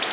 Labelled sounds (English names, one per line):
Golden-winged Warbler flight call